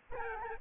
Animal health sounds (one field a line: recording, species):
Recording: mosquito wingbeat signal from an infrared sensor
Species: Aedes albopictus